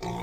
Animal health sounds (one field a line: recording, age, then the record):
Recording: pig call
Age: weaner (32 to 43 days)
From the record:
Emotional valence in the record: negative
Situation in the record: short isolation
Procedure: open field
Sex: female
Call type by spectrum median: low-frequency call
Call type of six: low-frequency modulated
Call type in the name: low-frequency modulated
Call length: 0.23 s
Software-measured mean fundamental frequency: 59 Hz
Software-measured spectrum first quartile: 228 Hz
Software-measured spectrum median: 558 Hz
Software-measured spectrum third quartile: 1183 Hz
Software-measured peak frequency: 373 Hz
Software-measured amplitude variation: 78 dB a second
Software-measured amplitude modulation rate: 37.4 a second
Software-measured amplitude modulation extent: 2.1 dB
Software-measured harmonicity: 1.0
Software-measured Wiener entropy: -0.66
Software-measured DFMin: 1090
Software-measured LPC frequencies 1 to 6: 873, 2208, 3562, 4681, 5404, 6012 Hz